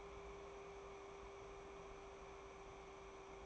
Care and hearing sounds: daily activity, microphone in the room; take from stove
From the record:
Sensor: 1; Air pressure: 1010.3 hPa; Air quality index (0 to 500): 171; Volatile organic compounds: 12 ppm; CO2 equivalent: 2354 ppm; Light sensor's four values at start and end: 55/143/59/74 and 57/148/61/77

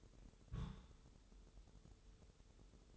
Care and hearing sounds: daily activity, microphone in the room; place on stove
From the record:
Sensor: 3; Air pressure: 988.3 hPa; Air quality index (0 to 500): 189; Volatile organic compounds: 250 ppm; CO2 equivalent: 4360 ppm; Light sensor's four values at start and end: 24/75/31/27 and 24/75/31/27

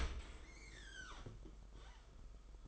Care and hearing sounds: daily activity, microphone in the room; open dishwasher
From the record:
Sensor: 5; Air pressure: 991.5 hPa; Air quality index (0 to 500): 117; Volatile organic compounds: 36 ppm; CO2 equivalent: 3087 ppm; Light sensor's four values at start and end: 39/124/47/50 and 39/125/47/51

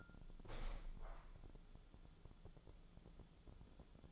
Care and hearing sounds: daily activity, microphone in the room; open window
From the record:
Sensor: 5

